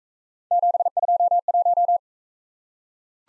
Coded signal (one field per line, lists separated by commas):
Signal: Morse code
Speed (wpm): 41 wpm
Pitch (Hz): 700 Hz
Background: none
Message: 721